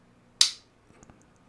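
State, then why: Seated. A folding knife blade is opened until the lock bar cutout rises into the notch in the blade. A single sharp, bright click at 0.4 s marks the lock engaging, followed by a few faint ticks around 1.0–1.2 s. The blade is positively locked in place.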